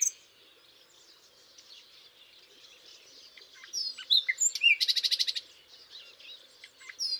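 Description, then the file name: Common nightingale: after quiet twittering, a few sharp notes lead into a loud, fast, rattling trill of repeated notes. "Luscinia megarhynchos"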